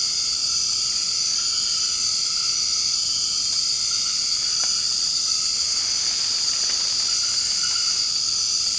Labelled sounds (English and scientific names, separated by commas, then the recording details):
none
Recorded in secondary vegetation near Puerto Asís, Putumayo, Colombia, on 24 March 2025 at 22:00
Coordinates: 0.502, -76.326
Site G100